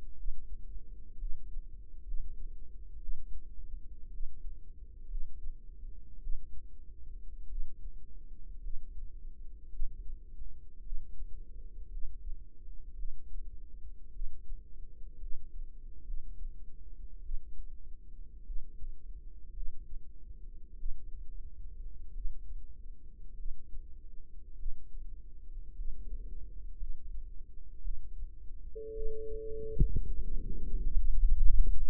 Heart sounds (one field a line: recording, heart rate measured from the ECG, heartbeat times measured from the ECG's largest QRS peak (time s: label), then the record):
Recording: heart sounds by microphone in the right ear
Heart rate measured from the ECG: 55 bpm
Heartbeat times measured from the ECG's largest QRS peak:
0.17 s: heartbeat
1.18 s: heartbeat
2.05 s: heartbeat
3.00 s: heartbeat
4.11 s: heartbeat
5.08 s: heartbeat
6.20 s: heartbeat
7.49 s: heartbeat
8.61 s: heartbeat
9.70 s: heartbeat
10.83 s: heartbeat
11.90 s: heartbeat
12.96 s: heartbeat
14.12 s: heartbeat
15.19 s: heartbeat
16.05 s: heartbeat
17.22 s: heartbeat
18.45 s: heartbeat
19.54 s: heartbeat
20.77 s: heartbeat
22.13 s: heartbeat
23.36 s: heartbeat
24.56 s: heartbeat
25.76 s: heartbeat
26.77 s: heartbeat
27.82 s: heartbeat
28.94 s: heartbeat
30.06 s: heartbeat
30.91 s: heartbeat
From the record:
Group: healthy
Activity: rest 0-29 s, breath hold 29-32 s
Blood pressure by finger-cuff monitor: 110/67 mmHg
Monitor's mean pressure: 81 mmHg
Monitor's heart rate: 54 bpm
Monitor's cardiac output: 5.1 L/min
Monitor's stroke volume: 94 mL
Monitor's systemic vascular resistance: 1160 dyn s/cm5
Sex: female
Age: 28 years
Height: 170 cm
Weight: 77 kg